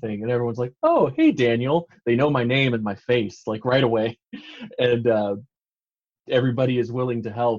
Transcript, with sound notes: And everyone’s like, “Oh, hey, Daniel.” They know my name and my face like right away, [chuckle] and everybody is willing to help.